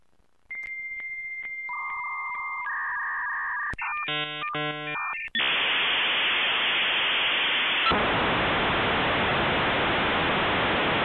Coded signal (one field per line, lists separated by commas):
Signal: dial-up modem handshake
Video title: Dial-Up Sound for 10 Hours